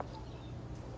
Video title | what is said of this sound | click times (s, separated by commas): DIY Hiace Campervan Conversion on a budget | you can hear a little click | 0.0 s